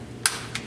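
A punch-down tool re-punches the blue twisted-pair conductor into the insulation-displacement slot of an Ethernet keystone jack, because it had trimmed but did not look fully seated. A sharp snap of the tool's impact comes at 0.3 s, followed by a fainter click at 0.6 s. The wire is seated in the jack terminal.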